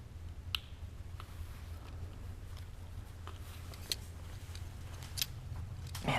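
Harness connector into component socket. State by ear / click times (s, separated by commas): not seated / none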